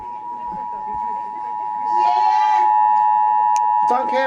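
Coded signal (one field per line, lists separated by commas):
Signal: Emergency Alert System (SAME) tones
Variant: 853 and 960 Hz attention tone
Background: speech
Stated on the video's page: Required monthly EAS tests.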